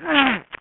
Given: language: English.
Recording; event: throat vibration sensor signal played as sound; throat clearing